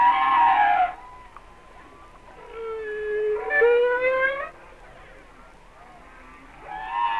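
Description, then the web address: Humpback whale song: loud high harmonic cries open and close, framing a long, slowly rising, wavering wail in the middle. "Whale Songs Sounds of Nature - Humpback Whales"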